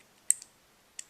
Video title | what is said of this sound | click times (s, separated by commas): Ford Focus Ignition Tumbler Full Tutorial | it lock in when it has more Wafers it'll be more noticeable but now it is completely complet completely locked in | 0.3 s